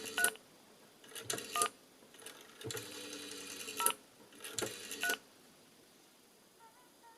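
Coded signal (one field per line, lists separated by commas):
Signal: DTMF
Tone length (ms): 110 ms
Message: 3 1 0 3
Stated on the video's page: DTMF tones from a converter turning an old SOCOTEL S63 rotary dial phone's pulses into tone dialing on an internet box line.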